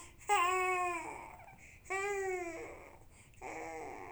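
An infant cries in three bursts over about four seconds. Each wail is high-pitched and strongly tonal, with short gaps for breath between them. Ordinary crying, in a quiet small room.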